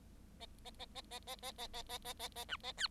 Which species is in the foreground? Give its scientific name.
Lonchura striata domestica